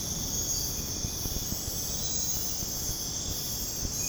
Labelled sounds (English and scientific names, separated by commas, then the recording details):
none
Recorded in dense forest near Puerto Asís, Putumayo, Colombia, on 29 June 2025 at 04:30
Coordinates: 0.486, -76.317
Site G065